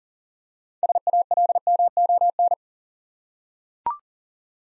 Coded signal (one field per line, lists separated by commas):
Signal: Morse code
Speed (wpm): 39 wpm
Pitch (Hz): 700 Hz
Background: none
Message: SALMON